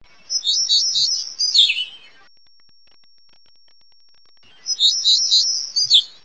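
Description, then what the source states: New World warbler giving a high, rapid, buzzy phrase of chirping notes that ends with a lower slurred note, repeated twice about four seconds apart, with silence between. Described as a nocturnal flight call.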